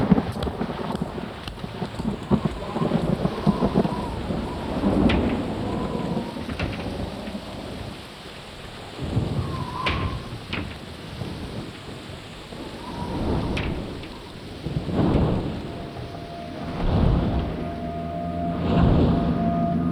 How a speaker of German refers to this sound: Ans Meer, um Gottes Willen. Und dann noch bei Regen.